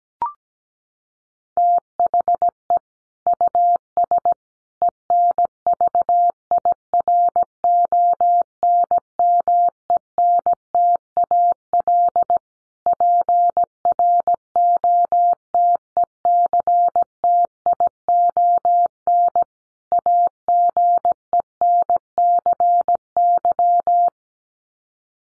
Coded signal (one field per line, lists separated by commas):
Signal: Morse code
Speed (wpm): 17 wpm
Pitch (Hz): 700 Hz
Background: none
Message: THE US ENVIRONMENTAL PROTECTION AGENCY